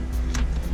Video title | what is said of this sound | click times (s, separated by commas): Just a quick Ford Ranger and a Nissan Altima radio swap Installer Diaries 31 | put them in until they click and | 0.4 s